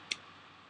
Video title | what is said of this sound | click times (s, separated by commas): zaku warrior/phantom rey/luna maria 1/100vs1/144 part 1 | but there's a nice solid click out there and the handle | 0.1 s